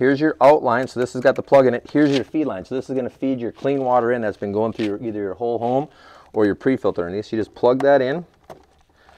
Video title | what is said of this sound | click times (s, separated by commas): How To Install The Best Hydrogen Water Home Unit: The Ultimate Guide | make sure you hear that thing click you'll hear it set inside there and then make sure you're pulling it just to make sure it's tight okay | 8.5 s